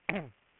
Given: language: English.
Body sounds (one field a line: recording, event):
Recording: throat vibration sensor signal played as sound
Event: throat clearing